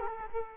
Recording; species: mosquito wingbeat signal from an infrared sensor; Culex quinquefasciatus